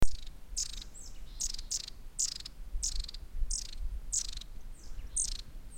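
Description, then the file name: Long-tailed Tit calls: short, very high, thin notes repeated about every half to one second over steady low rumbling background noise. "tit-long-tailed -Aegithalos-caudatus"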